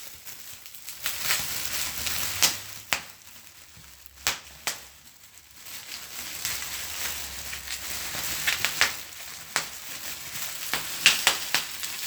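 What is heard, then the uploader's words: Bubble wrap is handled and popped, giving sharp, bright snaps at irregular moments, a few close together near the start and more clustered toward the end. Between the pops runs a soft, continuous crinkling and rustling of the plastic, with a faint low hum underneath. Bubblewrap.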